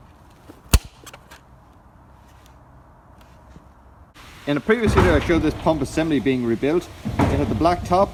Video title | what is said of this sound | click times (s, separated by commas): Replacing Audi TT fuel pump [DIY] how to | you should hear it click | 0.7 s